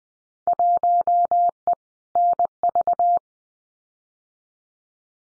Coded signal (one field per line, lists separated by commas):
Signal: Morse code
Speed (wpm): 20 wpm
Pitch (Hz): 700 Hz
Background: none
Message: 1E NV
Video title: Field Day Exchange 20wpm